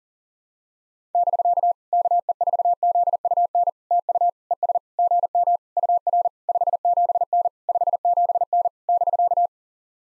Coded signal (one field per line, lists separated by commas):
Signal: Morse code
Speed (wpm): 44 wpm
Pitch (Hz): 700 Hz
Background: none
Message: <BK> KE4ZUN TU ES GM UR 57N 57N <BK>